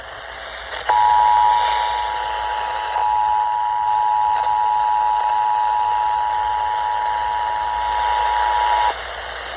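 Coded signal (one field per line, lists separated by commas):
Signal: Emergency Alert System (SAME) tones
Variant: 853 and 960 Hz attention tone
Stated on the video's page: Authentic EAS severe thunderstorm warning captured from an FM station on 94.5 MHz, recorded with an iPhone SE camera.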